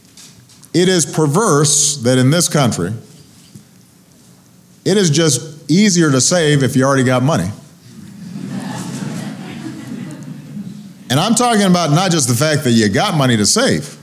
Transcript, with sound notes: It is perverse that in this country it is just easier to save if you've already got money. (Laughter.) And I'm talking about not just the fact that you've got money to save;